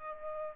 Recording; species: mosquito wingbeat signal from an infrared sensor; Aedes aegypti